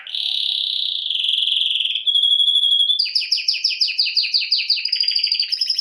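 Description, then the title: Domestic canary song beginning with sustained rolling trills and a steady whistled tone, then breaking into quick repeated notes at a lively, uneven pace. Male Belgian canary singing a lot, to warm up young birds. "Esquente Seu Filhote E Canario Belga Em 30 Minutos Macho Cantando Muito"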